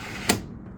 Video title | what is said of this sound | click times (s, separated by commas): NEW Wave 2 by EcoFlow now with a Heater! EcoFlow Wave 2 (sponsored) | locked into place now okay | 0.3 s